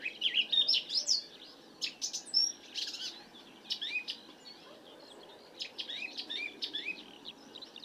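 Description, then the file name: Eurasian blackcap, bursts of chattering high warble that fade into a short lull, then pick up again with quick twittering phrases over light background hiss. "Sylvia atricapilla"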